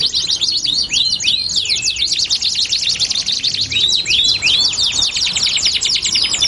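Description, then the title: Belgian canary song: rapid high sweeping notes in continuous chattering trills, with a few cleaner slurred whistles midway. Belgian canary song used to warm up canaries and prompt them to sing along within seconds. "Canto Para Esquentar Canário Belga. LANGSUNG NYAUT. Pancingan suara kenari hitungan detik langsung ikut bunyi"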